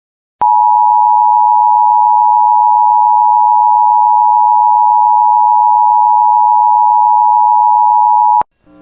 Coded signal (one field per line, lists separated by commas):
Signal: Emergency Alert System (SAME) tones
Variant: 853 and 960 Hz attention tone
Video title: EAS BLIZZARD WARNING